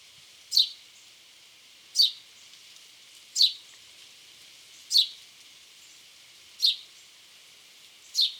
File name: Passer domesticus